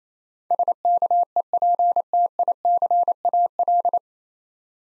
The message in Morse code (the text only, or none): SKEPTICAL